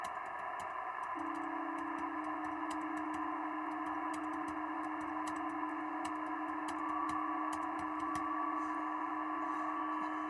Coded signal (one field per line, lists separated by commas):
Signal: PSK31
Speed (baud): 31.25 baud